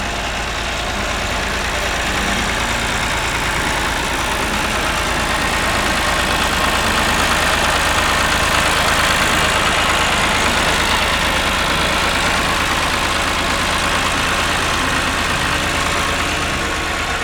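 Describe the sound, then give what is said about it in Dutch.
An old Volvo diesel truck tractor engine idles steadily, spewing exhaust: a loud, continuous low rumble with a rough, knocking rhythm and a broad mechanical clatter above it, with no talking. “Ouderwetse stinkdiesel. Lekkere oude Volvo trekker.”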